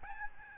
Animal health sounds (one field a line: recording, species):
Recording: mosquito wingbeat signal from an infrared sensor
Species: Aedes albopictus